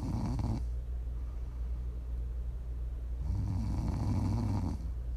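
An adult snoring during sleep: low-pitched snore sounds rise out of a steady low rumble and fade between breaths.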